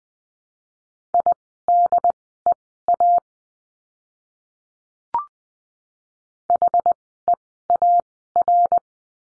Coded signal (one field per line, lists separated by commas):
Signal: Morse code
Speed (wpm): 20 wpm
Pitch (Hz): 700 Hz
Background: none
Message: IDEA HEAR